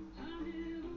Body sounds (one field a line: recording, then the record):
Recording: background sound without coughing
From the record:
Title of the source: BackgroundMusic3